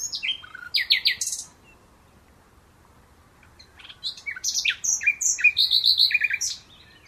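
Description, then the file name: Common nightingale singing varied phrases: quick falling notes and buzzy repeated elements, a pause, then a dense run of whistles, trills and sharp chirps. "Luscinia megarhynchos"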